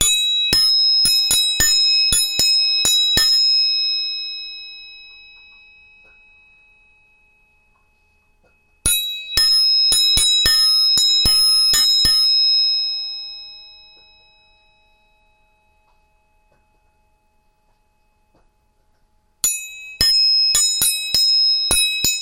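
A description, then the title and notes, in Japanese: A tuning fork is struck in quick bright clusters at the start, around nine seconds and near twenty, each ringing clearly before fading into silence. 音叉チューニング3本。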